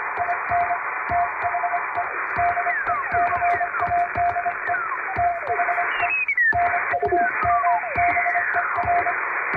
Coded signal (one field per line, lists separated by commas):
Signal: Morse code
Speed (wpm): 24 wpm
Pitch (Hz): 700 Hz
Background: music, radio noise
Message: IN THE DECADE THE NUMBER